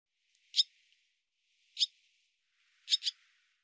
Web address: cianscape birddata Deverinetal 2025 Bird Hi Ru